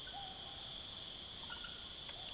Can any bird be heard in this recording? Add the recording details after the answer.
no. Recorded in secondary vegetation near Puerto Asís, Putumayo, Colombia, on 22 June 2025 at 20:00. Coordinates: 0.489, -76.322. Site G021